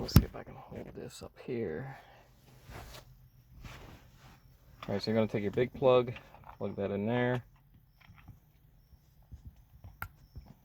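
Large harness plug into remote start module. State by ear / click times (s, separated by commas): seated / 10.0 s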